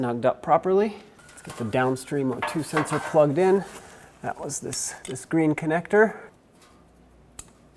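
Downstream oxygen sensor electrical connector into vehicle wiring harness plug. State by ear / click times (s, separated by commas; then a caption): seated / 7.4 s. On a 2009-2010 Ford F-150 with the 5.4L V8, the downstream oxygen sensor's green plastic wiring connector is pushed into its mating vehicle wiring harness plug while someone talks. After the talking stops, one sharp, short click sounds at 7.4 s as the connector seats.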